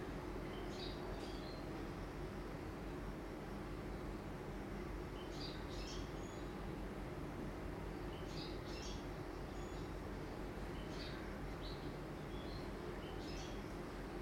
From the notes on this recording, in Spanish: pájaros, radios, aviones, electrodomésticos funcionando, comidas de mediodía, niños llorando o riendo